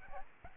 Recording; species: mosquito wingbeat signal from an infrared sensor; Aedes albopictus